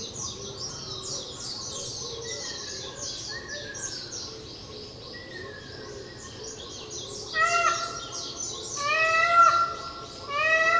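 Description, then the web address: Indian peafowl wails, faint and drawn-out at first, then louder, sharper calls near the end, with busy high-pitched chirping throughout. Recorded on Miyakojima on 30 April 2016. "koe indokujaku 160430 miyakojima uemurashingo"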